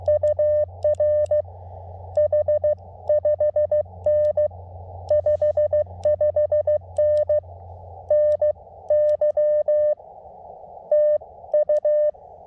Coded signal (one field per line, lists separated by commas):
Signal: Morse code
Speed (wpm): 14 wpm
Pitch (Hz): 600 Hz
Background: none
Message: UR H5N 55N NY TU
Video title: CW POTA at new to me K-5297 Skyline Drive State Forest